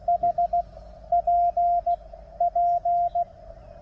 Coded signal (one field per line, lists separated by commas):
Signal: Morse code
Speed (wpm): 17 wpm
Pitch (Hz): 700 Hz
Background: radio noise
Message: HPP